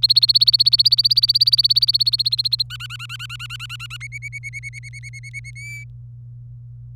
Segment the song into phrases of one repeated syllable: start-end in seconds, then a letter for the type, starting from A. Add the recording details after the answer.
0.00-2.63 A, 2.70-3.97 B, 4.00-5.51 C, 5.55-5.84 D. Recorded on 24 April 2018 at 12:59. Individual llb3